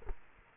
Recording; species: mosquito wingbeat signal from an infrared sensor; Culex quinquefasciatus